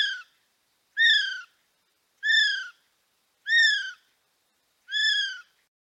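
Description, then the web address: Kiwi call of five piercing, harmonic whistles, each rising then falling in pitch, evenly spaced a little over a second apart in otherwise silent surroundings. "sound Kiwi. صدای-پرنده-کیوی"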